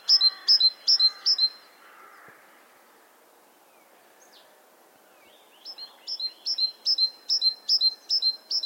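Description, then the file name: Great tit calls: a few high flicked notes over lower rasping sounds, a quiet gap, then a steady series of bright repeated notes. "Parus major"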